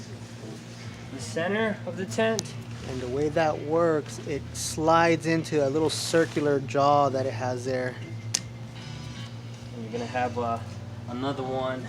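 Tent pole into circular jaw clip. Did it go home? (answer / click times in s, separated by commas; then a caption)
yes / 8.3 s. A tent pole at the center of a Kammok Sunda hammock tent slides into a small circular plastic jaw clip while someone talks over a low, steady background hum. A single sharp click sounds at 8.4 s as the pole seats in the clip.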